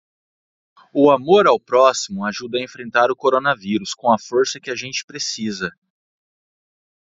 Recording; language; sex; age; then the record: spoken sentence; Brazilian Portuguese; male; 30 to 39 years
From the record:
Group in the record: control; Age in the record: 36 years